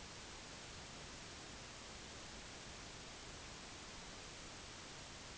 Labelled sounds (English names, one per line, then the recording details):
none
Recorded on Arctic tundra, site NAIT-1, on 25 June 2019
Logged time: 10:00